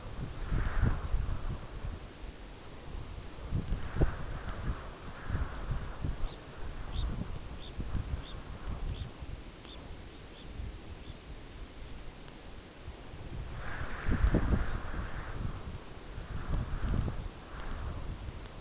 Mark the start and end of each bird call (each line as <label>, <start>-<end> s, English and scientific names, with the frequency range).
Red Phalarope (Phalaropus fulicarius) (3.9-5.3 kHz), 2.04-2.38 s
Red Phalarope (Phalaropus fulicarius) (3.5-5.2 kHz), 3.08-3.35 s
Red Phalarope (Phalaropus fulicarius) (3.5-5.2 kHz), 3.94-4.20 s
Red Phalarope (Phalaropus fulicarius) (3.8-5.0 kHz), 4.92-5.16 s
Red Phalarope (Phalaropus fulicarius) (3.6-4.9 kHz), 5.43-5.67 s
Red Phalarope (Phalaropus fulicarius) (2.6-4.5 kHz), 6.12-6.42 s
Red Phalarope (Phalaropus fulicarius) (2.2-4.5 kHz), 6.72-7.17 s
Red Phalarope (Phalaropus fulicarius) (2.3-4.4 kHz), 7.42-7.79 s
Red Phalarope (Phalaropus fulicarius) (2.2-4.4 kHz), 8.11-8.40 s
Red Phalarope (Phalaropus fulicarius) (1.9-4.4 kHz), 8.80-9.13 s
Red Phalarope (Phalaropus fulicarius) (2.2-4.3 kHz), 9.53-9.88 s
Red Phalarope (Phalaropus fulicarius) (2.4-4.3 kHz), 10.22-10.53 s
Red Phalarope (Phalaropus fulicarius) (2.2-4.4 kHz), 10.90-11.23 s
Red Phalarope (Phalaropus fulicarius) (2.9-4.4 kHz), 14.52-14.88 s